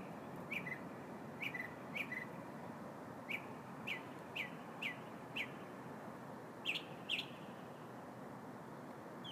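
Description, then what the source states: Bird giving scattered short, sharp high chirps, singly or in pairs, spaced irregularly over a constant soft background hiss. Recorded in the morning on 4 February 2015.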